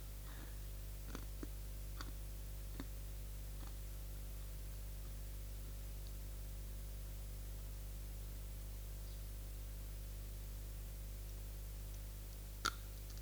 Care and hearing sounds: daily activity, guitar pickup as the sensor; eat

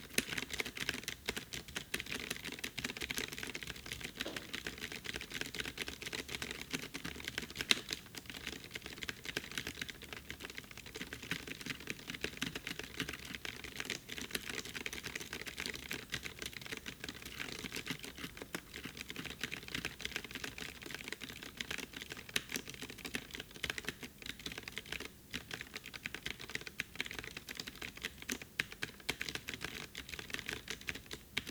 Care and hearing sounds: daily activity, guitar pickup as the sensor; type

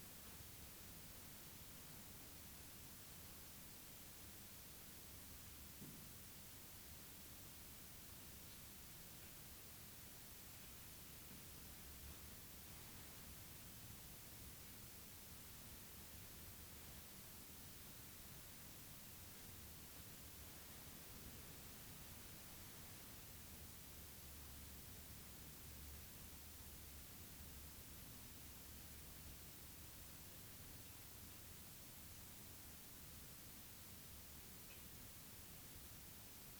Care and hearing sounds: daily activity, guitar pickup as the sensor; lie down

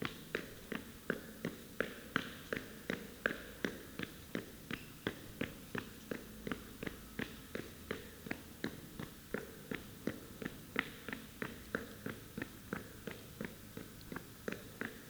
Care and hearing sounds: daily activity, guitar pickup as the sensor; run

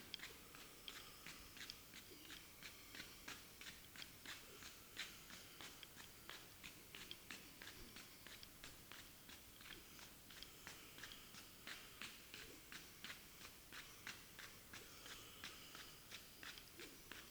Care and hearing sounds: daily activity, guitar pickup as the sensor; run

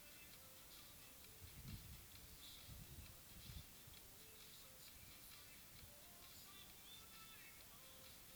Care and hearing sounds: daily activity, guitar pickup as the sensor; browse video

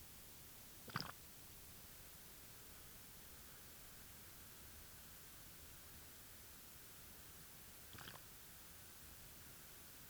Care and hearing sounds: daily activity, guitar pickup as the sensor; drink water

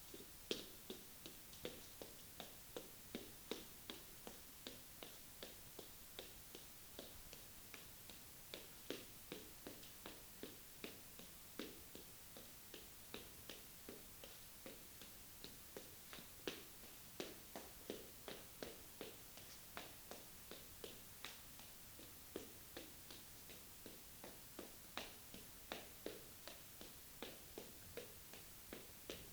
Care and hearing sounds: daily activity, guitar pickup as the sensor; run

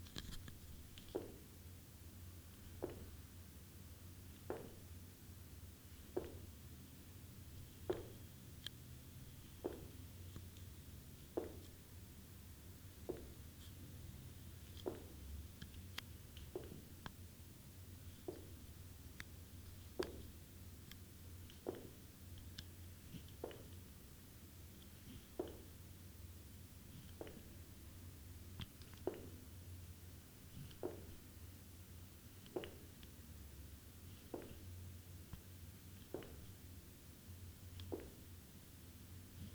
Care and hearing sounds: daily activity, guitar pickup as the sensor; jump

